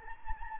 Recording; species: mosquito wingbeat signal from an infrared sensor; Anopheles gambiae